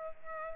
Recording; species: mosquito wingbeat signal from an infrared sensor; Culex pipiens